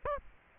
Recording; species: mosquito wingbeat signal from an infrared sensor; Aedes aegypti